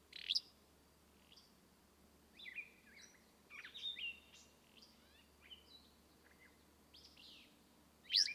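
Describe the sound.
Willow flycatcher singing two sharp, buzzy bursts, one at the start and one at the end, with a scatter of softer high chirps and whistles in between.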